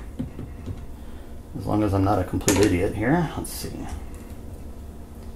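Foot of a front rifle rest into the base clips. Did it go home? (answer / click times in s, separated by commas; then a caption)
no / none. A foot of a Seb NEO X F Class front rifle rest is pushed toward the retaining clips on the rest base while someone talks. Faint handling sounds and a brief soft knock near 4.1 s follow. Nothing has seated or clicked yet.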